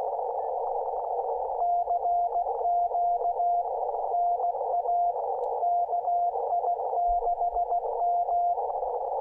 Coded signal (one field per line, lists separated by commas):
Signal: Morse code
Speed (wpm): 16 wpm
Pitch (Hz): 700 Hz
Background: radio noise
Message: CQ NA KI6M